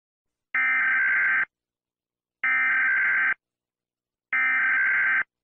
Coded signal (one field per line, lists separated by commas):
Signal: Emergency Alert System (SAME) tones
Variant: header bursts